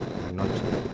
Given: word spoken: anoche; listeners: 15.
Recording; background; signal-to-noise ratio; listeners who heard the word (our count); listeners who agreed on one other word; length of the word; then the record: one Spanish word in noise, from a listening test; noise modulated by three-talker babble; -5.2 dB; 1 of 15; 11 of 15; 0.54 s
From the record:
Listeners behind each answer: 11, 1, 1, 1, 1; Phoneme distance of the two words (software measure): 7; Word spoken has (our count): 3 syllables, 5 phonemes, stress on syllable 2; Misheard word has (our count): 2 syllables, 4 phonemes, stress on syllable 1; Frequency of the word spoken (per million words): 34.54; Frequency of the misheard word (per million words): 362.35